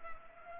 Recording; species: mosquito wingbeat signal from an infrared sensor; Culex pipiens